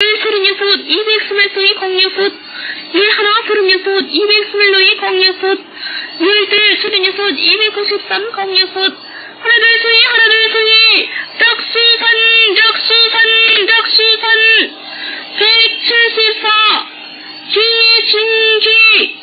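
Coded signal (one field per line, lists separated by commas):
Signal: numbers station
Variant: V28 "The Parrot", Korean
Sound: woman's voice reading Korean numbers in short, evenly spaced, sing-song syllables over AM radio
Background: radio static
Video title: V28 North Korean Numbers Station "The Parrot" 3266.9kHz GMT 2017-04-04 10:35~10:40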